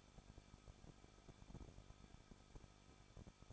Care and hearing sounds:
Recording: daily activity, microphone in the room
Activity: no activity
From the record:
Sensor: 5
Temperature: 20.9 degrees Celsius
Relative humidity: 38.2%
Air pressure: 1006.5 hPa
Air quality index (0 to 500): 187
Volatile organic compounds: 18 ppm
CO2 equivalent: 2626 ppm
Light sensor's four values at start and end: 2/3/1/1 and 2/3/1/1

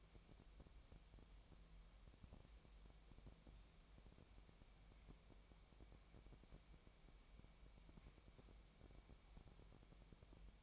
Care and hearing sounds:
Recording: daily activity, microphone in the room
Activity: wipe stove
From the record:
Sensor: 1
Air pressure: 1003.2 hPa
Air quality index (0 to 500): 198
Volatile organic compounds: 6 ppm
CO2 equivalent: 1891 ppm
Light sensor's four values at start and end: 11/26/11/13 and 11/26/11/13

